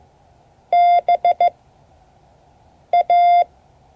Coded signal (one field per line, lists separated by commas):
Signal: Morse code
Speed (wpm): 15 wpm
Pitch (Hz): 700 Hz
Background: none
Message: B A